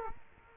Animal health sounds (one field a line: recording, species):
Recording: mosquito wingbeat signal from an infrared sensor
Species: Culex quinquefasciatus